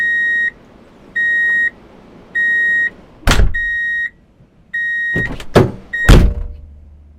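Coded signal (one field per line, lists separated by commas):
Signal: alarm pattern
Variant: vehicle reversing alarm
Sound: six evenly spaced half-second high beeps, interrupted by several loud mechanical thumps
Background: door or mechanical clunks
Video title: Sound Effects - Drive in Reverse Beep Alert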